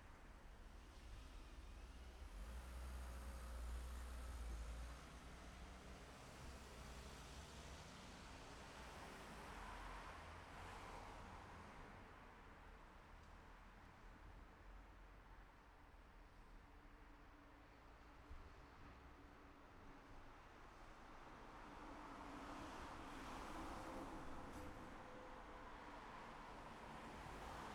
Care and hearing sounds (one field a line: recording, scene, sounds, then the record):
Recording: everyday scene through a hearing-aid microphone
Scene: in traffic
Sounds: traffic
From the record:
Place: city secondary road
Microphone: behind the ear, left, front